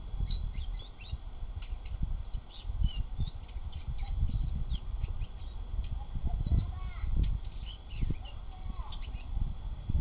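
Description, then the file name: Blyth's reed warbler singing a run of varied quick notes and short trills with a few lower phrases, against heavy low-pitched rumbling and thumps. "Acrocephalus Dumetorum"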